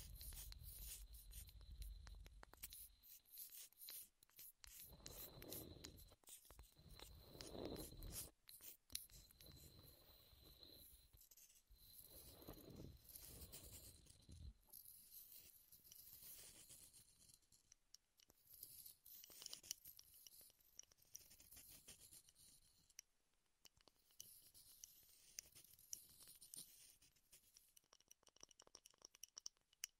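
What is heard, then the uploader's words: Wooden triggers: a dense run of quick taps, scratches and rubbing strokes that keeps going for the whole half minute with no pause. The texture is bright and crackly, with heavier, fuller rubs around 7 to 8 seconds and again near 12 to 14. ASMR Wood Triggers in Your Ears (No Talking).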